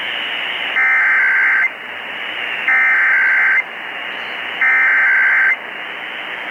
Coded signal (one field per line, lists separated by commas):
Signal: Emergency Alert System (SAME) tones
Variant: header bursts